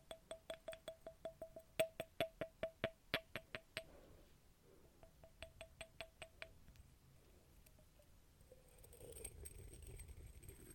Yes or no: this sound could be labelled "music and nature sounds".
no